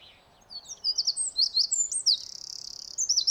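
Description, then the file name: Eurasian wren song, a rapid outpouring of very high, sharp twittering notes that runs into a fast rattling trill near the end, then a few more bright notes. "Troglodytes troglodytes"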